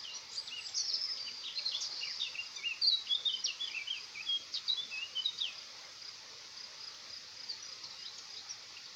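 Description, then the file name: Eurasian blackcap chattering warble, busy chirps for about five seconds that then fade, leaving a steady high hiss. "Sylvia atricapilla"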